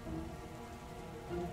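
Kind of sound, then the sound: nature, heavy rain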